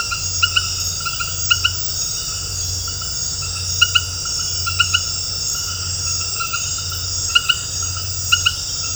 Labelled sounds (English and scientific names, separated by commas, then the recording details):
none
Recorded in dense forest near Puerto Asís, Putumayo, Colombia, on 19 March 2025 at 20:30
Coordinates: 0.468, -76.322
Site GP01